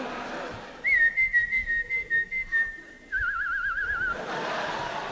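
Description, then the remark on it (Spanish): A woman whistles a short tune, first a run of steady, clipped notes on one pitch, then a lower, wavering warbled phrase. The whistle is loud and clear, with no talking. “Dijo, comadre, qué silbadora.”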